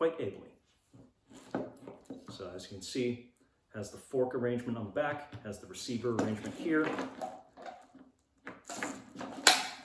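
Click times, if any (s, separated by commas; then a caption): 9.5 s. Someone talks while the fork plate on the back of a Safariland quick-release holster, made for a pistol with a weapon-mounted light and red dot sight, is slid into a belt-mounted receiver. A few soft knocks are heard from about 8.5 s, then a loud, sharp click at 9.5 s as it latches. The holster locks in place and is very secure.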